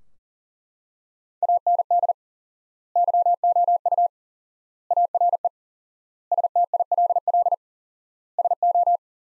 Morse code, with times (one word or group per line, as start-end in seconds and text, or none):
1.4-2.1 AND
3.0-4.1 YOU
4.9-5.5 ARE
6.3-7.5 STILL
8.4-9.0 SO